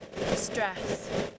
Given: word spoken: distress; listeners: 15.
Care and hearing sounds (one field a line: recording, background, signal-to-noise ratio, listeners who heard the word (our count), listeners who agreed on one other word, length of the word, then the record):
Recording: one English word in noise, from a listening test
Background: noise modulated by three-talker babble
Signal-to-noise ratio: -3.1 dB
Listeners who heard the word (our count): 2 of 15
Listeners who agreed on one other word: 13 of 15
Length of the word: 0.98 s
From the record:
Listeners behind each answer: 13, 2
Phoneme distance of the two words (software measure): 14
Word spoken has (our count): 2 syllables, 7 phonemes, stress on syllable 2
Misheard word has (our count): 1 syllable, 5 phonemes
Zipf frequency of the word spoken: 3.82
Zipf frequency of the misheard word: 4.38